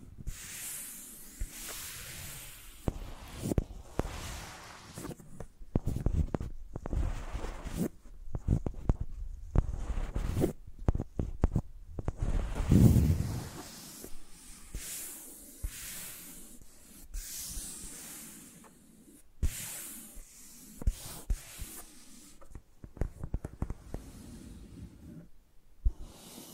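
Microphones are dragged and scraped like pencils across a surface, making dry scratching and rubbing strokes in irregular bursts. Some strokes are soft and hissy, others sharp with low thuds, the busiest stretch falling between about five and thirteen seconds.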